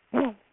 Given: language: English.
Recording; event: throat vibration sensor signal played as sound; throat clearing